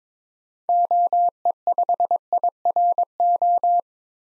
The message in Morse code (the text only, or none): OE5IRO